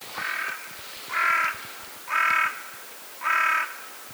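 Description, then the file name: Carrion crow giving four harsh, hoarse caws, each about half a second long, spaced roughly a second apart, with a quiet background. "Corvus corone"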